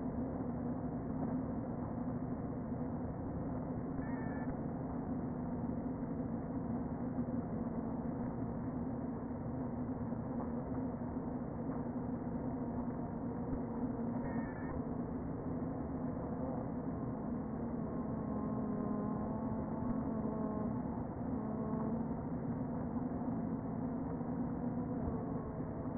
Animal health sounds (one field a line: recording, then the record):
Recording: honeybee colony, microphone inside the hive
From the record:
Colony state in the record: queen present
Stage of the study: before two queens were removed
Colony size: about 60,000 bees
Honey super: yes